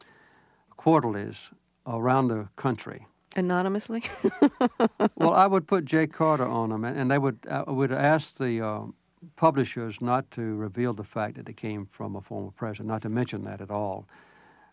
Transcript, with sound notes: quarterlies around the country.
Anonymously? (laughs)
Well, I would put "J. Carter" on them, and they would -- I would ask the publishers not to reveal the fact that they came from a former president, not to mention that at all.